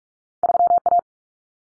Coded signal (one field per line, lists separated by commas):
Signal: Morse code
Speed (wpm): 44 wpm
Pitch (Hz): 700 Hz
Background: none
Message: 3A